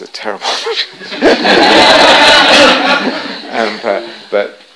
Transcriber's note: laughter